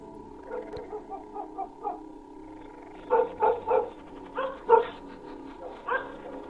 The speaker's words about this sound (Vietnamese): Ở trong nhà, con Vàng vầu nó lại thò cái mõm ra mà sủa nhặng cả lên.